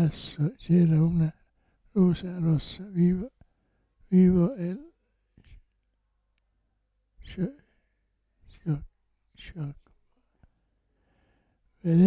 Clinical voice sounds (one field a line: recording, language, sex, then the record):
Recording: read passage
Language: Italian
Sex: male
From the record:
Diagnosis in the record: Parkinson's disease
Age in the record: 65 years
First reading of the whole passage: 164 s, 3.2 characters per second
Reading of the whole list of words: 151 s, 1.9 characters per second